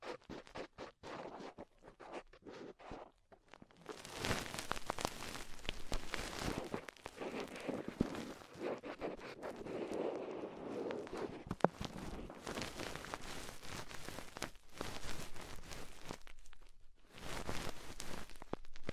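Tingly ear exploration sounds, opening with a few seconds of sparse, crisp taps and clicks. From about four seconds a dense, bright scratching and rubbing takes over, steady with fine crackles throughout. It dips briefly near seventeen seconds, then resumes.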